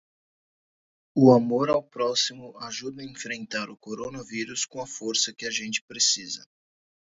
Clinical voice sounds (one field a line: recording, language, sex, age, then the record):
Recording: spoken sentence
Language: Brazilian Portuguese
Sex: male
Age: 30 to 39 years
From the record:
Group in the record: control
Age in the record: 32 years